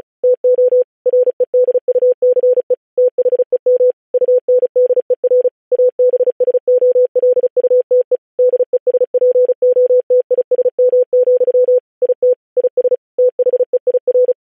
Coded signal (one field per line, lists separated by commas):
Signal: Morse code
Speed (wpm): 36 wpm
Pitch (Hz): 500 Hz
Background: none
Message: TO REDUCE THEM UNDER ABSOLUTE DESPOTISM, IT IS THEIR